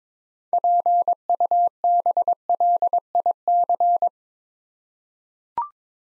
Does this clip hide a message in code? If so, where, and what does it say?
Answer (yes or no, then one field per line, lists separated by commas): yes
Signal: Morse code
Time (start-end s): 0.5-4.1 s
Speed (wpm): 22 wpm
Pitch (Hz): 700 Hz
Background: none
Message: PUBLIC